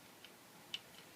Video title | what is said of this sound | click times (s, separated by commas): Mafell P1cc Guide Rail Demonstration | and then there's a hole on the base of the saw that allows this to snap in and lock into place | 0.7 s